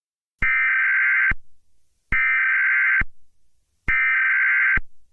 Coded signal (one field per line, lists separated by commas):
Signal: Emergency Alert System (SAME) tones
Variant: header bursts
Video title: SCP-008 (An EAS Mini Scenario) #1